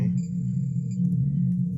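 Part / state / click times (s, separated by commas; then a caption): plastic model piece into starship saucer section / not seated / none. A plastic model-kit piece is lined up with its mounting holes on the saucer section of a Star Trek TNG Enterprise 1701-D model before being pressed in. A steady low hum runs throughout, with faint high tones from about 0.2 to 1.0 s and soft handling rustles near 1.1 and 1.5 s. Nothing has seated or clicked yet.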